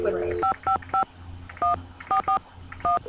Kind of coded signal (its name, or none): DTMF